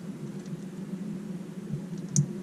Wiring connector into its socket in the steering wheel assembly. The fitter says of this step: vessel and then you heard it click and then this one obviously get your head away from it